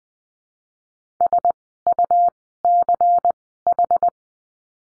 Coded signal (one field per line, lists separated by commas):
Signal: Morse code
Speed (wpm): 20 wpm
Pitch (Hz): 700 Hz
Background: none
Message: SUCH